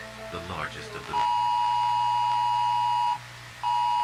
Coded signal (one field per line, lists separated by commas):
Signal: Emergency Alert System (SAME) tones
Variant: 853 and 960 Hz attention tone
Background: speech, music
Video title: EAS Scenario: THE ABOMINABLE PART II. A Jurassic World EAS Scenario/Analog Horror.